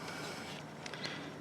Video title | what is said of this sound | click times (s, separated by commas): AUTOONE LED lights upgrade (10SF) - 2014 Dodge Journey | so we're not just go in there and slide it down here you can hear the click | 0.9 s